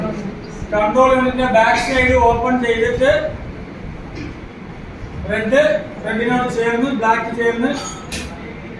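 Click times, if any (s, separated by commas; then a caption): 8.1 s. A VVPAT cable connector is pushed into the rear socket of a control unit, matched red to red and black to black, while someone talks. A single sharp click is heard at 8.1 seconds as the connector seats.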